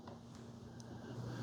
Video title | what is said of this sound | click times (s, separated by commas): 2022 Why I Love Ninja CFP201 DualBrew 12 Cup Coffee Maker Single Serve K Cup 3 Brew Styles Machine | now the next thing we do is we just simply slide this forward until it clicks and you'll see the display changes | 0.8 s